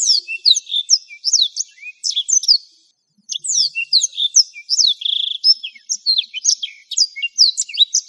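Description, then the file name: Black-throated canary song: a fast, high twittering of sharp rising and falling chirps and trills, broken by a brief pause near the three-second mark, then resuming. "suara burung blackthroat"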